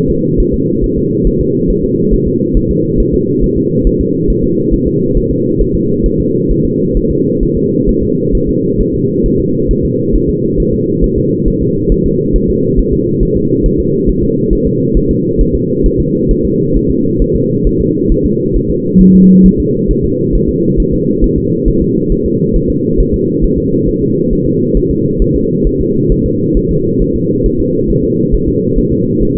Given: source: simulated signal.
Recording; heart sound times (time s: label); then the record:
fetal heart sounds
0.10 s: S2
0.40 s: S1
0.54 s: S2
0.84 s: S1
0.98 s: S2
1.27 s: S1
1.41 s: S2
1.70 s: S1
1.84 s: S2
2.14 s: S1
2.27 s: S2
2.57 s: S1
2.71 s: S2
3.00 s: S1
3.14 s: S2
3.44 s: S1
3.58 s: S2
3.87 s: S1
4.01 s: S2
4.30 s: S1
4.44 s: S2
4.74 s: S1
4.88 s: S2
5.17 s: S1
5.31 s: S2
5.61 s: S1
5.75 s: S2
6.06 s: S1
6.20 s: S2
6.51 s: S1
6.65 s: S2
6.97 s: S1
7.11 s: S2
7.43 s: S1
7.57 s: S2
7.89 s: S1
8.03 s: S2
8.35 s: S1
8.49 s: S2
8.81 s: S1
8.95 s: S2
9.26 s: S1
9.40 s: S2
9.71 s: S1
9.85 s: S2
10.16 s: S1
10.29 s: S2
10.60 s: S1
10.74 s: S2
11.04 s: S1
11.18 s: S2
11.48 s: S1
11.62 s: S2
11.92 s: S1
12.06 s: S2
12.36 s: S1
12.50 s: S2
12.79 s: S1
12.93 s: S2
13.23 s: S1
13.37 s: S2
13.66 s: S1
13.80 s: S2
14.09 s: S1
14.23 s: S2
14.53 s: S1
14.67 s: S2
14.97 s: S1
15.11 s: S2
15.41 s: S1
15.55 s: S2
15.86 s: S1
16.00 s: S2
16.31 s: S1
16.45 s: S2
16.77 s: S1
16.90 s: S2
17.22 s: S1
17.36 s: S2
17.67 s: S1
17.81 s: S2
18.12 s: S1
18.26 s: S2
18.56 s: S1
18.70 s: S2
19.01 s: S1
19.15 s: S2
19.46 s: S1
19.60 s: S2
19.91 s: S1
20.05 s: S2
20.35 s: S1
20.49 s: S2
20.80 s: S1
20.94 s: S2
21.24 s: S1
21.38 s: S2
21.68 s: S1
21.82 s: S2
22.12 s: S1
22.26 s: S2
22.56 s: S1
22.70 s: S2
23.00 s: S1
23.14 s: S2
23.44 s: S1
23.58 s: S2
23.89 s: S1
24.02 s: S2
24.33 s: S1
24.47 s: S2
24.77 s: S1
24.91 s: S2
25.22 s: S1
25.36 s: S2
25.67 s: S1
25.81 s: S2
26.12 s: S1
26.26 s: S2
26.57 s: S1
26.71 s: S2
27.02 s: S1
27.16 s: S2
27.46 s: S1
27.60 s: S2
27.90 s: S1
28.04 s: S2
28.34 s: S1
28.48 s: S2
28.78 s: S1
28.92 s: S2
29.22 s: S1
29.36 s: S2
From the record:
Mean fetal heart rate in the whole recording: 135 bpm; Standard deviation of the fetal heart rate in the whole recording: 3 bpm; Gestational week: 36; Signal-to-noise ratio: -11.2 dB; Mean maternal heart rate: 72 bpm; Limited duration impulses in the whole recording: present